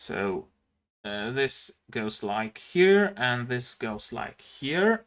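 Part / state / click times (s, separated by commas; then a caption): plastic model kit pieces into leg assembly / not seated / none. Someone talks while positioning plastic model kit pieces into a leg assembly, holding them up where each one goes. The parts are being handled but nothing has seated or clicked yet.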